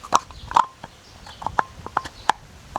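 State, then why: Not seated. A new paper oil filter element is pushed onto the plastic oil filter housing cap, giving a series of short, sharp plastic-and-paper knocks and squeaks. The element does not really clip in, so nothing has seated or clicked yet. No one talks in the clip.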